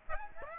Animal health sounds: mosquito wingbeat signal from an infrared sensor; Aedes aegypti

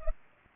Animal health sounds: mosquito wingbeat signal from an infrared sensor; Culex pipiens

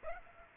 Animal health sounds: mosquito wingbeat signal from an infrared sensor; Aedes aegypti

